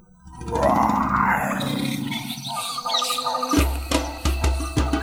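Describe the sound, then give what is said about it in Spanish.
A lion's deep, rumbling roar rises and swells for a few seconds, then gives way to a series of short, rhythmic grunting pulses with a low, heavy tone. “Igual no les importa porque son valientes, aunque pensándolo un poco mejor, mejor que se escondan que viene el león.”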